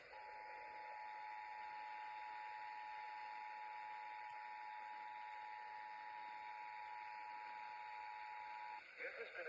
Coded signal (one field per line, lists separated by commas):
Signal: Emergency Alert System (SAME) tones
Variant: 853 and 960 Hz attention tone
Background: speech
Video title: [EAS #47-#48] Very late Riverside & San Bernardino testing stuff from spring break 💀